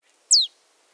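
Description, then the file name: Marsh tit call: a single sharp, high note sweeping steeply downward, lasting about a fifth of a second, against a quiet background. "Poecile palustris"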